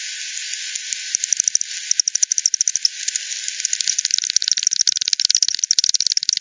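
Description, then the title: Bats calling, with scattered clicks over a hiss at first, then steady rhythmic clicking that speeds up into a dense rattle by the end. Multiple bats at Hogsmill River, Hogsmill Lane, 7 October 2020 at 18:10; frequency-divided by ten, bandpass-filtered and resampled. "WW bat 20201007 T 18 : 10 Z-Hogsmill-Lane-Hogsmill-River-multiple-bats"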